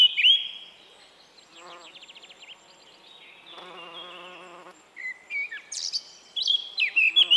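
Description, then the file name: Eurasian blackcap song in brief scraps: a loud whistled note at the start and several rich warbled phrases near the end, with an insect buzzing midway. "Sylvia atricapilla"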